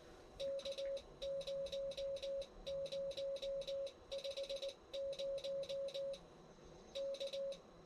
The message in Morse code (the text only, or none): K0050 K